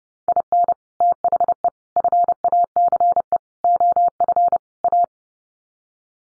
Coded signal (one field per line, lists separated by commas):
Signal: Morse code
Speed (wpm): 30 wpm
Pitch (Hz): 700 Hz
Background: none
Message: IN THE FACE OF A